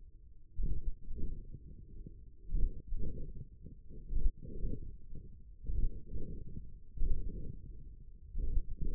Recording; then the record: forearm muscle sounds (acoustic myography)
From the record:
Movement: radial deviation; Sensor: system 1, eight BSWA MPA416 microphones around the upper forearm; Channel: 7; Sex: male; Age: 28 years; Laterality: right